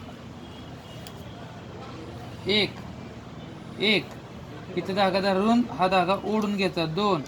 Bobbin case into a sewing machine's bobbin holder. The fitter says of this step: आणि 3 नंबरला फक्त अंगठ्याने दाबायची, आवाज येतो कटकनी.